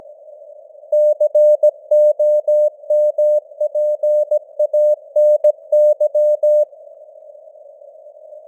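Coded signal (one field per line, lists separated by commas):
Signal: Morse code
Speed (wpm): 17 wpm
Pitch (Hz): 600 Hz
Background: none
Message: COMPANY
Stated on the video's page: News headlines sent in Morse at 17 wpm with simulated radio noise and varying signal strength (QSB); an experiment.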